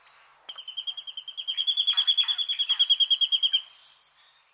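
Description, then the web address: Collared sparrowhawk giving a fast chatter of high, ringing kek notes for about three seconds, then stopping. Recorded in a Canberra garden. "canberra-garden-birds raptors collared-sparrowhawk"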